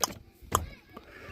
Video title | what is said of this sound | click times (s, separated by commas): Removing Dash on 2003 Dodge Dakota SXT - Gauge cluster fix and putting dash back on | And uh, it pops right in. | 0.0 s, 0.5 s